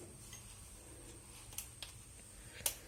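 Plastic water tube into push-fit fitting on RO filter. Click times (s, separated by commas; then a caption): 2.7 s. A plastic water tube is pushed into the push-fit quick-connect fitting on an RO filter housing. Two faint ticks at about 1.6 and 1.8 seconds are followed by a sharp, bright click at 2.7 seconds as the tube locks in. The tube is seated and will not come out when pulled.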